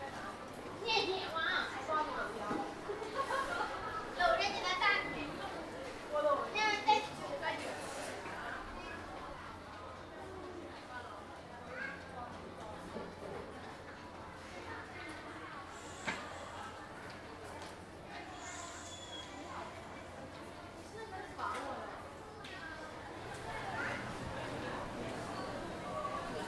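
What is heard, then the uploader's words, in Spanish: A subway journey under Shenzhen, China, opens with lively overlapping voices, some childlike, for the first eight seconds. Chatter then drops to a murmur over a steady low rumble, with brief high tones near 16 and 19 seconds before voices swell again. Composición sonora de un viaje subterráneo por la ciudad de Shenzhen, China. Sintiendo sus vibraciones sísmicas, las voces ocultas de sus túneles e industria. Pieza realizada sin manipulación sonora, percibiendo la realidades perceptivas.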